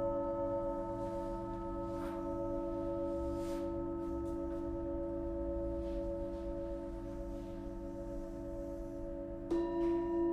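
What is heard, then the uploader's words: A sound bath of sustained, ringing bowl tones holding steady pitches, with a low rumbling hum underneath. Soft brushing or rubbing sounds drift through at intervals, and near the end, around nine and a half seconds, a new bowl is struck, adding a brighter, louder ring. Sound Bath #008: Ravina Daswani. Recorded in December 2022, the paint had just dried in her new space and not all of her instruments were there. Each hit from other bowls shaped the sound in such unique ways. It was my first time for me to record a gong bath and I was surprised at how much power it had.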